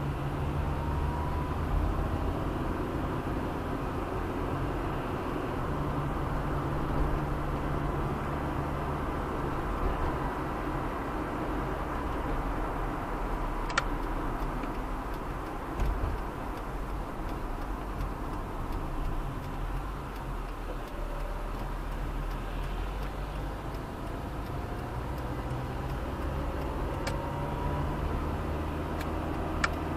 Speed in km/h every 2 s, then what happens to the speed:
29, 36, 42, 47, 49, 50, 50, 43, 37, 29, 20, 19, 23, 29, 35.
0-9 speeds up to 50. 12-21 slows to 19. 21-30 speeds up to 35.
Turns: none.